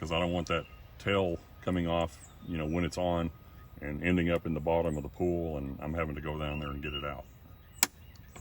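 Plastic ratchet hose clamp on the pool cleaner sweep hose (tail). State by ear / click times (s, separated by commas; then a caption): seated / 7.8 s. Channel-lock pliers squeeze a small plastic ratchet hose clamp on the sweep hose tail of a Polaris 280 pool cleaner, tightening it so the tail won't come off and end up at the bottom of the pool. Someone talks through most of the clip, then a single sharp click is heard at 7.8 s as the clamp ratchets one more notch tighter. The clamp is seated.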